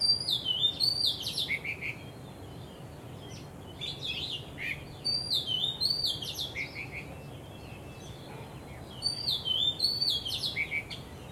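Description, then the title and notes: Bird singing repeated phrases of high, sweeping whistles and quick twittering notes in several bursts with brief quiet gaps. Birds singing vigorously at Wu Kai Sha, Hong Kong, on 15 December 2006; recorded with AKG condenser microphones in XY stereo. "香港 烏溪沙 雀鳥勁唱歌 Date: 15 December 2006"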